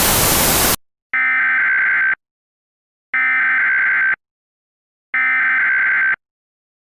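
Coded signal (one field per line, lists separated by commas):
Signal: Emergency Alert System (SAME) tones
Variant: header bursts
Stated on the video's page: Fictional EAS scenario for entertainment, not for broadcast; the tones may be valid and able to activate EAS equipment.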